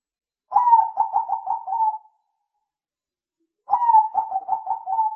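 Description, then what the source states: Bird song, a low warbling whistled phrase of quick wavering notes lasting about one and a half seconds, repeated after a short pause, on an otherwise silent background. Master recording used to train cage birds to sing.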